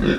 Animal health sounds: pig call; growing-finishing pig (85 days or more)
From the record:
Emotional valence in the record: negative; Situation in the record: barren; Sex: female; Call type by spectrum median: low-frequency call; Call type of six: low-frequency modulated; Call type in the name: low-frequency modulated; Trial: 3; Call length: 0.19 s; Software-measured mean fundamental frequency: 68 Hz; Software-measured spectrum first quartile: 234 Hz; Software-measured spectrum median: 415 Hz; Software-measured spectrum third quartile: 1398 Hz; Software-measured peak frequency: 211 Hz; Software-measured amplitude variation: 102 dB a second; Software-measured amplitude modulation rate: 18.4 a second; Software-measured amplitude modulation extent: 5.5 dB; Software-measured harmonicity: 1.4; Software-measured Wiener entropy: -2.28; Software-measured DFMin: 1071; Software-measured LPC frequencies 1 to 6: 345, 1593, 2553, 3437, 4924, 5567 Hz

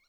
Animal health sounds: pig call; piglet (1 to 25 days)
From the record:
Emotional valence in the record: positive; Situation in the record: short reunion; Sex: male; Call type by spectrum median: high-frequency call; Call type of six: low-frequency tonal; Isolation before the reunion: 3 minutes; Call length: 0.09 s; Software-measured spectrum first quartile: 1752 Hz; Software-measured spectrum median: 2859 Hz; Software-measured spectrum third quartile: 5292 Hz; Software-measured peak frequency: 2148 Hz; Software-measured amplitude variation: 37 dB a second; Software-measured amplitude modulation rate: 11.7 a second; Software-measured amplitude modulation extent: 3.2 dB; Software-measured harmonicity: 7.9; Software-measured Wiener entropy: -2.34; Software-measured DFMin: 726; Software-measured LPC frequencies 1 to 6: 1304, 2197, 4157, 5584, 6796, 8380 Hz

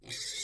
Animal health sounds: pig call; weaner (32 to 43 days)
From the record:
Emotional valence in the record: negative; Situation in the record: restrain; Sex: male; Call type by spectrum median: high-frequency call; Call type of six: mixed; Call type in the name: high-frequency stable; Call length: 0.44 s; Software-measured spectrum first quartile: 3461 Hz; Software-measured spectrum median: 5069 Hz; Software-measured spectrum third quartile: 6832 Hz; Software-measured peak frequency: 3667 Hz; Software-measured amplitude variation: 116 dB a second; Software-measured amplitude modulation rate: 14.8 a second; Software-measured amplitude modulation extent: 7.8 dB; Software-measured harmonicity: 0.2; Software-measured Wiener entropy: -2.19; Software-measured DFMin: 1483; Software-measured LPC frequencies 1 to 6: 409, 1910, 2230, 3842, 4750, 5420 Hz

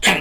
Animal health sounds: pig call; piglet (1 to 25 days)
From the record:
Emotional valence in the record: negative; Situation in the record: crushing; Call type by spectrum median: low-frequency call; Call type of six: low-frequency tonal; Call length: 0.21 s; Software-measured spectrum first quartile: 1174 Hz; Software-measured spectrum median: 2216 Hz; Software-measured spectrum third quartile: 3422 Hz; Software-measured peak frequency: 197 Hz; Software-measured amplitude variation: 119 dB a second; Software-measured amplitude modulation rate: 11.7 a second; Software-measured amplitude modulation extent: 10.2 dB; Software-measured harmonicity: 0.4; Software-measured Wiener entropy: -1.38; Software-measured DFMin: 692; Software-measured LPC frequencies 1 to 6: 737, 1884, 2365, 3384, 4386, 5115 Hz

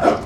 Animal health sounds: pig call; growing-finishing pig (85 days or more)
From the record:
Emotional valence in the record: positive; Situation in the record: run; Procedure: transit

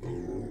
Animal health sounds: pig call; weaner (32 to 43 days)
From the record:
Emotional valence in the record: positive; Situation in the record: positive conditioning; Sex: female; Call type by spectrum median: low-frequency call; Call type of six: low-frequency stable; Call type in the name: low-frequency stable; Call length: 0.51 s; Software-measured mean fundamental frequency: 46 Hz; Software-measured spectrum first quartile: 134 Hz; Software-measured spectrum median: 281 Hz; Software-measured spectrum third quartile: 395 Hz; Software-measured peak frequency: 357 Hz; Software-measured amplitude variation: 102 dB a second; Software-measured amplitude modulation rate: 29.4 a second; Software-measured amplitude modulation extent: 3.5 dB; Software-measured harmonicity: 0.7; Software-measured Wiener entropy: -0.06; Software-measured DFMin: 1124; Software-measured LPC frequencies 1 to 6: 356, 1894, 3285, 5085, 6053, 6798 Hz

